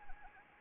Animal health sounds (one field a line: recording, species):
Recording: mosquito wingbeat signal from an infrared sensor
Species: Anopheles arabiensis